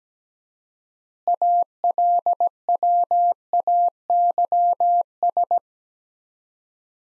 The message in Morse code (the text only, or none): ALWAYS